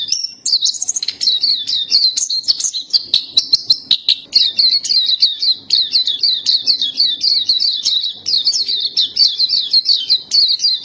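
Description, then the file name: Black-capped white-eye song: an unbroken stream of high, quick warbled chirps and twitters, pouring on without pause for the whole stretch. "suara pleci dahi topi hitam"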